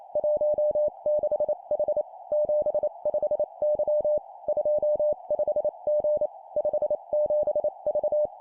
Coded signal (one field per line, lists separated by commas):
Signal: Morse code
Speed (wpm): 28 wpm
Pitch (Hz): 600 Hz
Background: none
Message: 16H 75Y 25G 57V